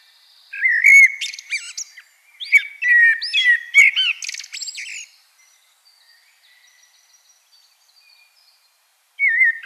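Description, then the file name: Common blackbird singing a long fluty phrase mixed with high twittered notes, then a pause of several seconds before the next phrase begins. "Turdus merula"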